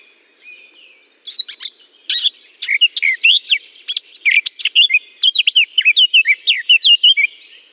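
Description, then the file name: Eurasian blackcap song starting with quiet chatter, then bursting into a loud, quick warble that flows into clear, looping flute-like whistles. Singing in holly. "chant de fauvette a tete noire dans houx"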